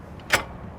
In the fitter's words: whenever we put it back up it'll just snap into place